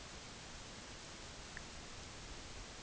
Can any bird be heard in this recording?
no